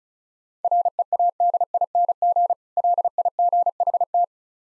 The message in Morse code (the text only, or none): READING LIGHT